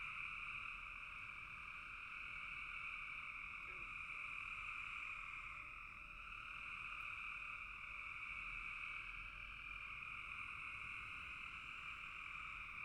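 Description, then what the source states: Many frogs calling together, a relentless high rasping drone that dips slightly in loudness midway, then carries on. Frogs calling in a bog.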